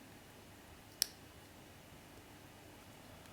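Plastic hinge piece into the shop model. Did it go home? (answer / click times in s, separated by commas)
yes / 1.0 s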